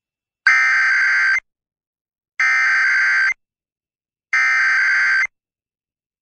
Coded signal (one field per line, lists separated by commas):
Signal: Emergency Alert System (SAME) tones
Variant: header bursts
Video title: A Weekly and Monthly Thursday (EAS #12195-12198) 8/3/23